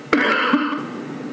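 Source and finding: Adult. Cough.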